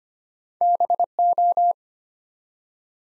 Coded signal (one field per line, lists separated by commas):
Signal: Morse code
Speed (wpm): 25 wpm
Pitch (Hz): 700 Hz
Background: none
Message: BO